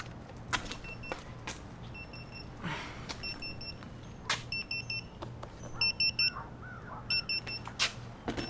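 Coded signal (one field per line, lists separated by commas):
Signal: none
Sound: electric skateboard remote beeps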